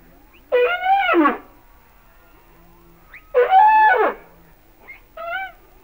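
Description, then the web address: Humpback whale singing arched harmonic wails that rise then fall, two long ones and a short note. "Natures Songs Whale Songs Sounds of Nature - Humpback Whales"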